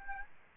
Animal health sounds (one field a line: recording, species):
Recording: mosquito wingbeat signal from an infrared sensor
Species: Aedes albopictus